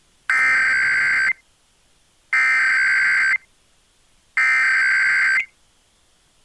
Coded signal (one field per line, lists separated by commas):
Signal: Emergency Alert System (SAME) tones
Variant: header bursts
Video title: EAS #333-336: 4 EAS National Periodic Tests (National EAS Test)- Aug. 7, 2019- 11:20AM PDT